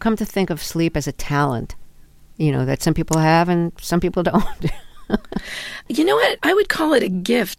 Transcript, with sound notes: I've come to think of sleep as a talent, you know, that some people have and some people don't (laughter).
You know what? I would call it a gift.